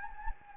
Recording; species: mosquito wingbeat signal from an infrared sensor; Anopheles gambiae